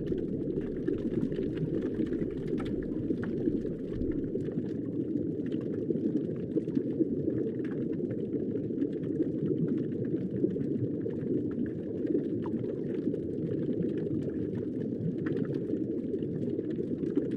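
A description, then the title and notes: Steady, dense underwater rumble of the East Australian Current, low and churning, with faint scattered clicks and crackles throughout, unchanging in level. The tranquil waters and soothing sounds of the East Australian Current.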